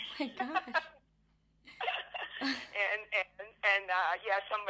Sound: laughter